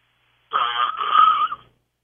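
A single loud, drawn-out, buzzy snore of about a second from an adult man who has fallen asleep on a phone line, heard muffled and band-limited through the telephone.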